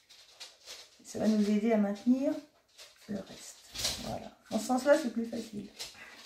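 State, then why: Not seated. A decorative metal corner piece from a box corner kit is being pushed onto the right-angle joint of a 2 mm grey cardboard box structure while someone talks. Nothing has seated or clicked yet; the clip ends just before the corner piece goes fully home.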